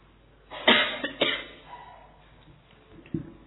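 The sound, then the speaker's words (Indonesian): Two or three harsh, loud coughs in quick succession, then quieter rasping and one faint final cough, with no talking. “Ayo lomba batuk.”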